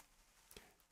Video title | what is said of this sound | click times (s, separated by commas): Final Cut TV LIVE! Happy Thanksgiving - Black Friday Sales - FCP 11.2.1? | Just snaps right in place. | 0.5 s